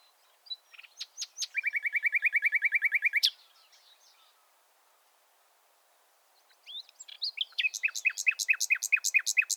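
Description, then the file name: Common nightingale singing a fast run of evenly repeated notes, pausing, then starting another rapid series of repeated chirping notes. "Luscinia megarhynchos"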